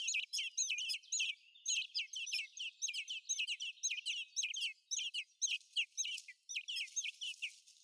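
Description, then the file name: Common blackbird giving quick, high chirps that slur downward, repeated in an uneven stream of short bursts throughout. "Turdus merula"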